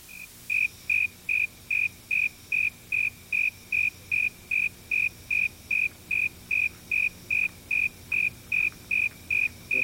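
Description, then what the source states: Snowy tree cricket song, an even series of clear pure chirps repeated about two and a half times per second, steady throughout. Warm male singing at about 72 degrees Fahrenheit; its song speeds up as temperature rises.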